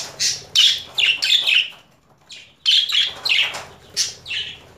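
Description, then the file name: Budgerigar calls: a series of short, bright chirps in two runs with a brief quiet gap between them. Female budgerigar; mixed sounds. "Karisik Sesler Disi Muhabbet Kusu Sesi"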